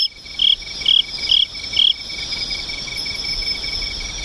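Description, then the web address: Insect song of four crisp, high chirps about half a second apart over a steady background of other insects trilling. "nishikawa 201110 mushinokoi"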